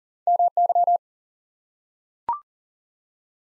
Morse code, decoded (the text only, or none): MY